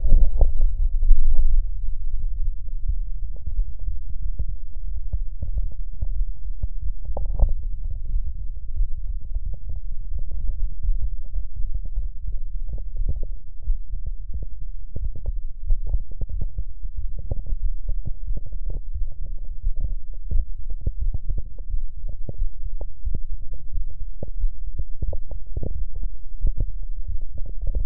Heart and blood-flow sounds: heart sounds by stethoscope; mitral valve (MV); normal heart sounds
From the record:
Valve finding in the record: normal valve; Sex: male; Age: 39 years

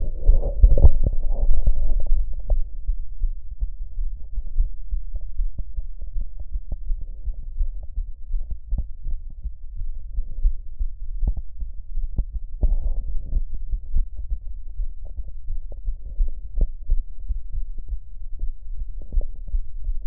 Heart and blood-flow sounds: heart sounds by stethoscope; aortic valve (AV); normal heart sounds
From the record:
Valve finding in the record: aortic regurgitation, grade 1, sclerotic aortic valve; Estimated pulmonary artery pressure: 40 mmHg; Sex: female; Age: 63 years

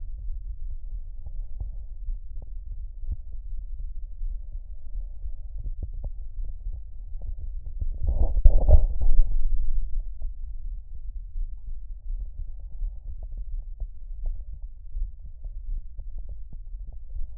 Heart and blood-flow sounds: heart sounds by stethoscope; aortic valve (AV); normal heart sounds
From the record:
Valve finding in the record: aortic regurgitation, grade 1, sclerotic aortic valve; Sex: female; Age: 76 years

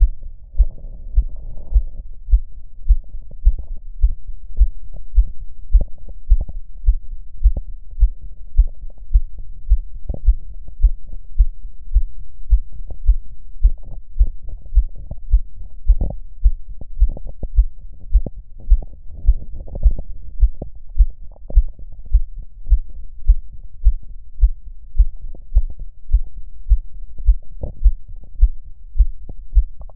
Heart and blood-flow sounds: heart sounds by stethoscope; aortic valve (AV); normal heart sounds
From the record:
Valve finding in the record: tricuspid regurgitation, grade 1, sclerotic aortic valve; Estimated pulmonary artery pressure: 40 mmHg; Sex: female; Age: 62 years

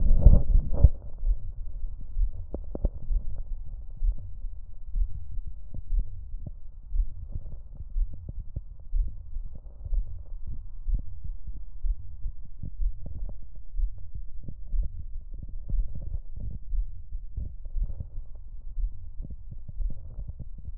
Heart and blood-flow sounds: heart sounds by stethoscope; mitral valve (MV); sound of aortic valve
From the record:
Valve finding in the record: mitral regurgitation, grade 2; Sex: female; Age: 60 years

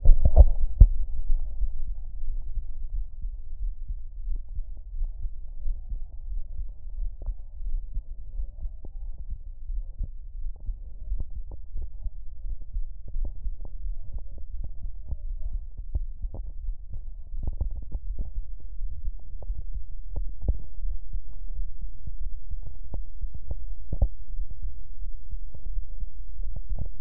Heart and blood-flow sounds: heart sounds by stethoscope; aortic valve (AV); normal heart sounds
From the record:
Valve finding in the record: tricuspid regurgitation, grade 1, sclerotic aortic valve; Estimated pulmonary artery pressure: 25 mmHg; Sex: male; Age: 43 years

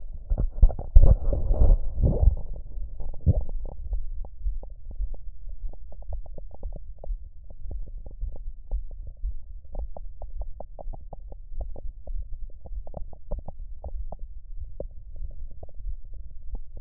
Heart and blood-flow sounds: heart sounds by stethoscope; mitral valve (MV); normal heart sounds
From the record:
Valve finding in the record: mitral regurgitation, grade 0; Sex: female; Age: 40 years

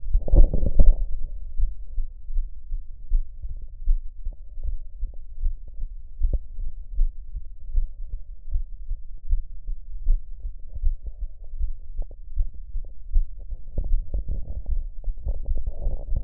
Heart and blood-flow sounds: heart sounds by stethoscope; tricuspid valve (TV); normal heart sounds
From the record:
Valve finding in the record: normal valve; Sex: female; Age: 57 years

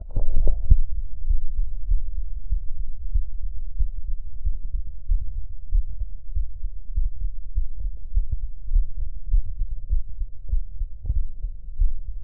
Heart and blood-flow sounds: heart sounds by stethoscope; mitral valve (MV); normal heart sounds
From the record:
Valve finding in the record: normal valve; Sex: male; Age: 36 years

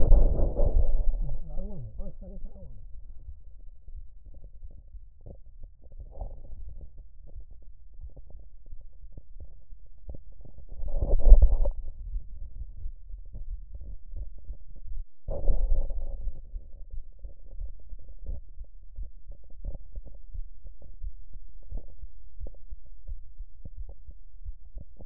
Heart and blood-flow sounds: heart sounds by stethoscope; mitral valve (MV); mitral regurgitation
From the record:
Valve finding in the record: mitral regurgitation, grade 2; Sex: male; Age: 75 years

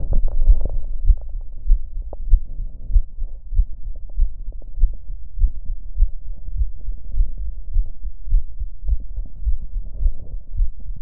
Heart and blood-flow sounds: heart sounds by stethoscope; mitral valve (MV); normal heart sounds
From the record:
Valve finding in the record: mitral regurgitation, grade 0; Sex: female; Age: 45 years

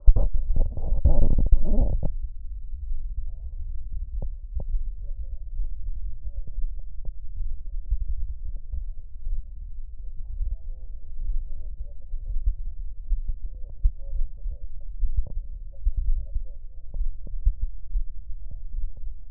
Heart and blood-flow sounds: heart sounds by stethoscope; mitral valve (MV); normal heart sounds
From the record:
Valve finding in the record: mitral regurgitation, grade 2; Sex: male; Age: 70 years

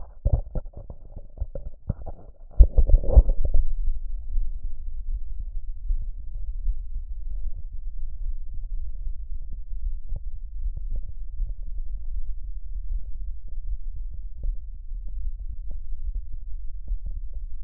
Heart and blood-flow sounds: heart sounds by stethoscope; pulmonary valve (PV); normal heart sounds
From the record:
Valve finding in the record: normal valve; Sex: female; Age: 43 years

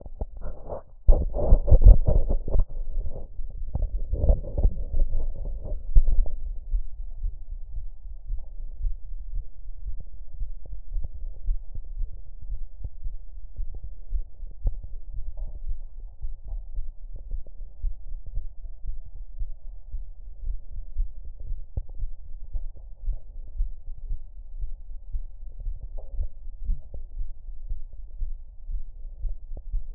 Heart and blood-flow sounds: heart sounds by stethoscope; mitral valve (MV); normal heart sounds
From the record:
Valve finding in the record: mitral regurgitation, grade 2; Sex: female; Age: 47 years

